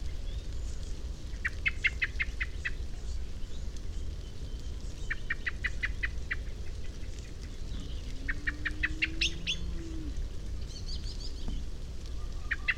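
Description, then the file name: Common blackbird calls: three rapid series of sharp chinks, evenly paced, with a low drawn-out tone during the third and a steady background rumble. "Turdus merula"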